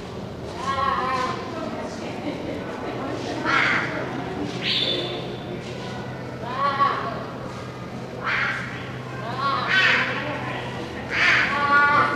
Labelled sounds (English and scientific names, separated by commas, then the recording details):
Clouded Leopard (Neofelis nebulosa)
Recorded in captivity
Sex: male
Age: adult
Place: Tierpark Berlin, Berlin, DE
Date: 1982-10-09 11:19
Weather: bedeckt-sonnig, etwas böiger Wind, 10-13°C
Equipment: Nagra SN, Kopie Uher 4200
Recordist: Tembrock, Günter